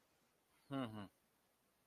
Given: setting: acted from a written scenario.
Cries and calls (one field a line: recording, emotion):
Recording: vocal sound without words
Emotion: contempt